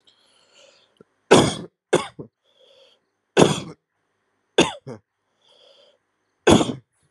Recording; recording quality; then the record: heavy voluntary cough; excellent, no background noise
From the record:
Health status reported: healthy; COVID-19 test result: negative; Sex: male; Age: 30 years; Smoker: yes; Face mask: not worn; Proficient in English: yes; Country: India